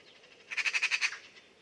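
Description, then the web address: Bird uttering one quick rattle of about seven rapid, even pulses lasting about half a second, then fading. "Deverinetal 2025 File origin Bird Only"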